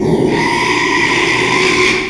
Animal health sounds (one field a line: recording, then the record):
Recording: squeal of a Yucatan mini pig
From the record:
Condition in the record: after surgery on the right vocal fold (resection and tissue-engineered implant)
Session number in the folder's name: 1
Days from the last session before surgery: 6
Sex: male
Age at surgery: 12 weeks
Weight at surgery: 13 kg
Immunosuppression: cyclosporine, prednisolone